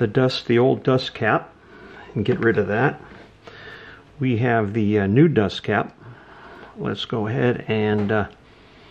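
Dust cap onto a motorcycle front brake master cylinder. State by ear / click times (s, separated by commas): not seated / none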